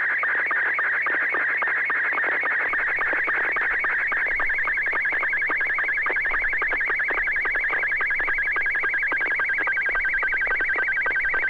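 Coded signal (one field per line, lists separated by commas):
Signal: SSTV (slow-scan television)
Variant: Scottie 2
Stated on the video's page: SSTV images exchanged on a weekly amateur net via an FM repeater on 441.300 MHz in Sacramento, sent with MMSSTV software.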